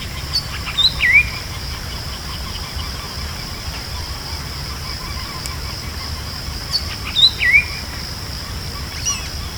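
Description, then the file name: Bird calls: quick pairs of high, upslurred whistled notes, repeated about six seconds apart over continuous background hiss. "SABIOD 50 bird 2015"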